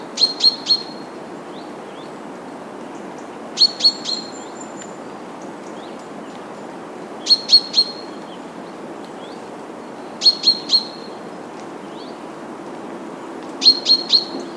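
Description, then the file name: Common chaffinch calls: bright, metallic triple notes repeated about every three seconds, five bursts in all, over constant background hiss. "Fringilla coelebs"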